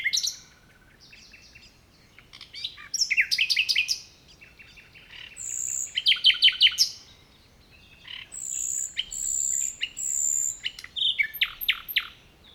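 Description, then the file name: Common nightingale song with fast rattling trills, high pure whistles and chattering notes in bursts separated by short pauses. "Luscinia megarhynchos"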